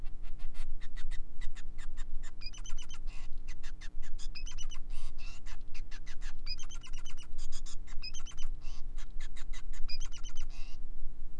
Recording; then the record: song of a male Bengalese finch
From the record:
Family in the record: son of father 5